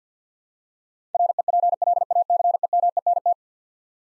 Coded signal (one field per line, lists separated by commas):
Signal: Morse code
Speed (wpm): 50 wpm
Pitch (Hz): 700 Hz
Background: none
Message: REPLACEMENT